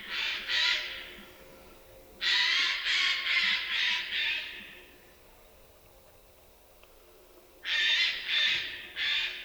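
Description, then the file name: Eurasian jay giving harsh, rasping screeches, a pair near the start, a burst of four or five around two seconds in, then several more near the end. "Garrulus glandarius"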